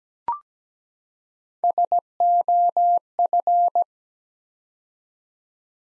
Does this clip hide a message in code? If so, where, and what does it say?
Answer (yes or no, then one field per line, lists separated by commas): yes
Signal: Morse code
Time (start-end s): 1.6-3.8 s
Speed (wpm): 17 wpm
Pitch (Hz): 700 Hz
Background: none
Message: SOF